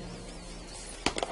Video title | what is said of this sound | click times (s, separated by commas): Nơi bán hạt giống cây chùm ngây giá rẻ nhất toàn quốc gọi 0979.354.647(Mr.Duy) | hear that snap you know it's on tight | 1.1 s